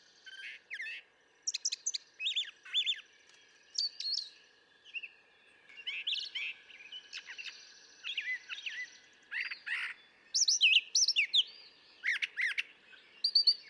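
Brown thrasher giving a long, varied song of squeaky, harsh and whistled phrases, many uttered in quick pairs, with a faint steady hum underneath.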